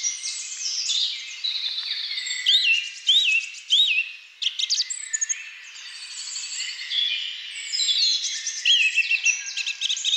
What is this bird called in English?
Song Thrush